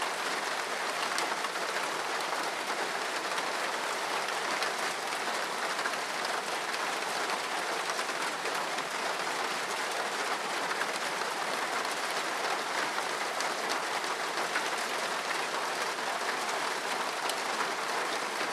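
Steady rain patters on a roof in a dense, unbroken hiss that holds an even level for the whole stretch. The sound sits mostly in the bright upper range with little low weight, and countless tiny drop ticks blend into a constant wash.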